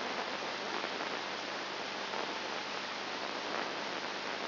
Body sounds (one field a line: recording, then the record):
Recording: brain microelectrode recording played as sound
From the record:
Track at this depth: inside the subthalamic nucleus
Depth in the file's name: 4.701 mm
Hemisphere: left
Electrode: 2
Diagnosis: Parkinson's disease